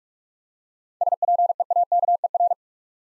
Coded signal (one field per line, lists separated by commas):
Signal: Morse code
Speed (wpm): 46 wpm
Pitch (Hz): 700 Hz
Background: none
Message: SPEAKER